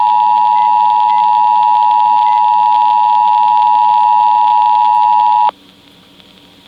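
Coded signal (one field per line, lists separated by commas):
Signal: Emergency Alert System (SAME) tones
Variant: 853 and 960 Hz attention tone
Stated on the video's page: Florida tornado drill alerts and EAS tests.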